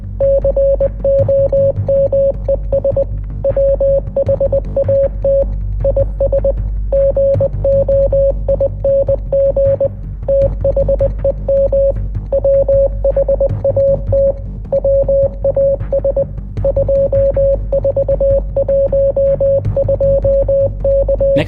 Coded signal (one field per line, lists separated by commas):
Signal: Morse code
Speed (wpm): 20 wpm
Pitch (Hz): 550 Hz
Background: radio noise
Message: COMES WHAT IS GOING THEM WHAT WAS 2412K